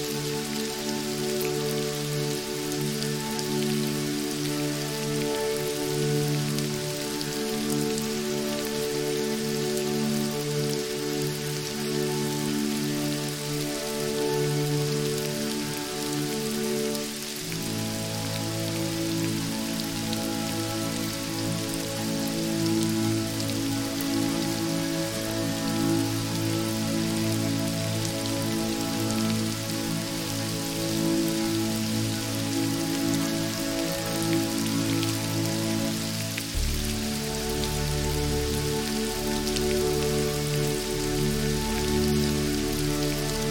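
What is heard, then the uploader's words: Gentle raindrops patter in a steady, dense hiss across the whole clip, with no thunder. Beneath it, low sustained tones hold like a soft chord and shift abruptly to new pitches at about 17 and 37 seconds. Loudness stays even throughout. The gentle patter of raindrops.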